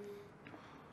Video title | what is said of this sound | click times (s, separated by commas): How To Replace a Mercury Pro XS 250 4 Stroke Fuel Filter/Water Separator | all right so we have it all clicked in here our we have it firmly | 0.5 s